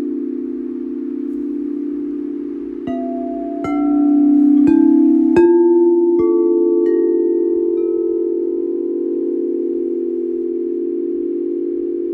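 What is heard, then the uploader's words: A sound bowl hums with a steady low ring throughout. Starting around three seconds, several bright metallic strikes land in quick succession about a second apart, each leaving a clear tone that lingers and overlaps with the others before slowly settling into a sustained, swelling drone. Small clip of my Sound Bowl Healing Session.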